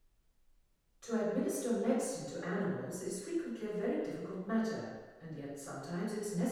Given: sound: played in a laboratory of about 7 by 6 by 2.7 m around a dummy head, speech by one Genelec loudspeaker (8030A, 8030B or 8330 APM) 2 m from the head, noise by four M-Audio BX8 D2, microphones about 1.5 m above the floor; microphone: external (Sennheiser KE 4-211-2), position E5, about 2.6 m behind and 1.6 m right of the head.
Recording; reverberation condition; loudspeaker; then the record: female speech in English; high; 30 degrees to the left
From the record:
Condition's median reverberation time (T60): about 1300 ms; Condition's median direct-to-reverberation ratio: about -4.0 dB